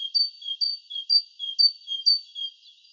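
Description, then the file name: Great tit song: bright two-note phrases, a lower note followed by a higher one, repeated steadily about twice a second. "Parus major"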